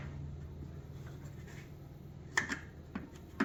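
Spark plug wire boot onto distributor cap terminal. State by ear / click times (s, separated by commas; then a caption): not seated / none. A spark plug wire boot is being handled and pushed toward a terminal of an HEI distributor cap on a Big Block Chevy. Over a low steady hum, a few sharp handling taps ring out, the loudest near 2.4 s and 3.4 s. Nothing has seated or clicked yet.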